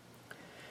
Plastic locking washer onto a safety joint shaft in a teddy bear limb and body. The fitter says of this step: I just push it down with my fingers all the way until it does not click anymore